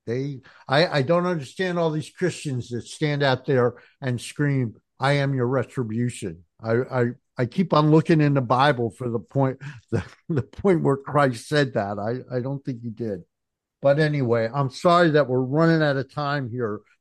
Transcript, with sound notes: I don't understand all these Christians that stand out there and scream, "I am your retribution." I, I, I keep on looking in the Bible for the point, (laughs) the, the point where Christ said that. I, I don't think he did. But anyway, I'm sorry that we're running out of time here,